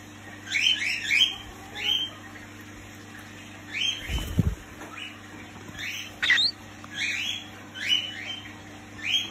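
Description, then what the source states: Cockatiel chirps in small clusters every second or two, over a steady electrical hum and a brief low thump midway. Several cockatiels, whistling and singing.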